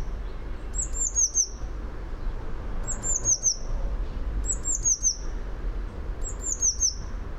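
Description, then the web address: Eurasian blue tit song: four quick high phrases of slurred thin notes running into a short trill. "fugl b-mejse"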